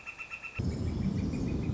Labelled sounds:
Northern Flicker
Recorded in Sonoma County, California

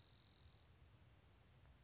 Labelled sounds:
Spotted Towhee
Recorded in Sonoma County, California

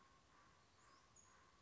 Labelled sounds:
Common Raven
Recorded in Sonoma County, California

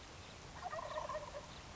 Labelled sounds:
Wild Turkey
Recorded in Sonoma County, California

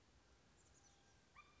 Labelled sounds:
Chestnut-backed Chickadee
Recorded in Sonoma County, California

